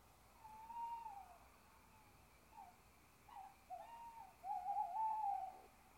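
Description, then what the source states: Owl hooting, a string of wavering, tremulous notes, short bursts separated by pauses, ending in a longer quavering hoot over low hiss. Owls (chouettes) recorded at Ker Anna.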